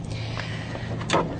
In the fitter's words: putting it back you just kind of push it back in place make sure it snaps in place before you start driving